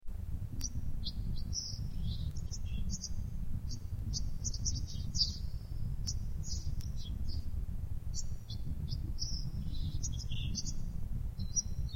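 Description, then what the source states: Bird song of high, thin chirps and short twittering phrases, scattered and repeated throughout over a steady low rumble. Bird chirping (kicau).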